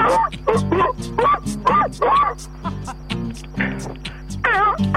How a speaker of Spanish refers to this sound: Sí, la versión de perros de... Los perros cantando.